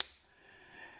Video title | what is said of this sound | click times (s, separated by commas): $10 Pocket Knife or $10,000 Holy Grail? - Case Knife Tang Stamp Code Break | If you listen right here, you hear the snap. | 0.0 s